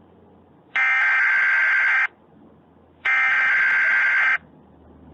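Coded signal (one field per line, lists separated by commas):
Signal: Emergency Alert System (SAME) tones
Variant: header bursts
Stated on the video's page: Actual EAS tones used in an entirely fictional alert scenario.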